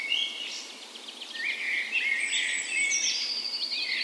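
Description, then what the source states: Dawn chorus of birds, overlapping high trills and sweeping whistled phrases crowding together without a break over faint hiss. Park west in Bergen, Norway; morning of 17 May, Norway's National Day, full spring; recorded on Sony PCM A10 with LOM Micro Usi mics as tree ears.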